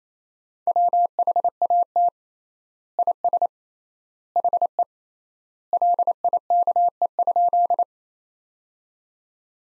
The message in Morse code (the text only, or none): WHAT IS HE LIKE?